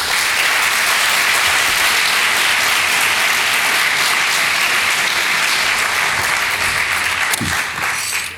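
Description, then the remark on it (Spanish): An audience applauds a speaker being introduced for a talk, steadily and loudly for several seconds, a dense wash of many hands clapping at once that holds its level before beginning to thin out at the very end. “Muchísimas gracias por aplaudirme y muchísimas gracias por llamarme maestro.”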